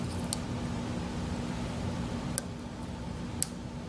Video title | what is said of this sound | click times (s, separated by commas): How to Rebuild your Master Cylinder Dis-assembled and Assembled | you guys can hear that click | 0.3 s, 2.4 s, 3.4 s